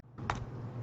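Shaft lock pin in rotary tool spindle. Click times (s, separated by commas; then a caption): 0.3 s. On a Dremel 3000 rotary tool, the shaft lock button is pressed to hold the spindle while the chuck is turned, but the shaft lock pin slips on the worn spindle. A soft rise in noise at 0.2 s leads to a sharp click-clack at 0.3 s, followed by a low steady hum. The worn lock fails to hold, and the chuck cannot be locked.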